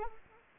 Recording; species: mosquito wingbeat signal from an infrared sensor; Anopheles arabiensis